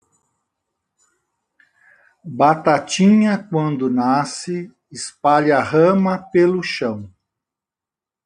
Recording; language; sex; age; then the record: short text; Brazilian Portuguese; male; 60 to 69 years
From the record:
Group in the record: control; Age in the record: 67 years